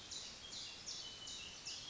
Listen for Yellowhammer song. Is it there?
no